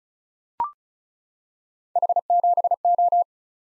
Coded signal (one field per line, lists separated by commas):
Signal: Morse code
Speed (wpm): 36 wpm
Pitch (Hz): 700 Hz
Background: none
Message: H7O